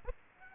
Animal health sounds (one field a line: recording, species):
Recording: mosquito wingbeat signal from an infrared sensor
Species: Aedes aegypti